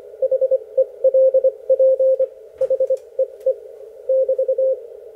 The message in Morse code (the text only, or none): HELP HEE <BT>